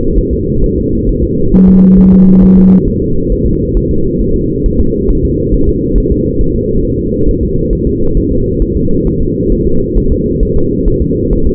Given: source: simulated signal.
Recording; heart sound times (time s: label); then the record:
fetal heart sounds
0.19 s: S1
0.33 s: S2
0.64 s: S1
0.78 s: S2
1.09 s: S1
1.24 s: S2
1.54 s: S1
1.69 s: S2
1.99 s: S1
2.13 s: S2
2.44 s: S1
2.58 s: S2
2.88 s: S1
3.02 s: S2
3.32 s: S1
3.47 s: S2
3.77 s: S1
3.91 s: S2
4.22 s: S1
4.36 s: S2
4.66 s: S1
4.80 s: S2
5.10 s: S1
5.25 s: S2
5.54 s: S1
5.69 s: S2
5.98 s: S1
6.12 s: S2
6.41 s: S1
6.56 s: S2
6.85 s: S1
6.99 s: S2
7.29 s: S1
7.43 s: S2
7.73 s: S1
7.87 s: S2
8.17 s: S1
8.32 s: S2
8.62 s: S1
8.77 s: S2
9.07 s: S1
9.22 s: S2
9.52 s: S1
9.67 s: S2
9.98 s: S1
10.12 s: S2
10.43 s: S1
10.57 s: S2
10.88 s: S1
11.02 s: S2
11.33 s: S1
11.47 s: S2
From the record:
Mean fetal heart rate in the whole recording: 135 bpm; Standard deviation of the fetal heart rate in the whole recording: 3 bpm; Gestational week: 36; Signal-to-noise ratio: -16.4 dB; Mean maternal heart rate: 72 bpm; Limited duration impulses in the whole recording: present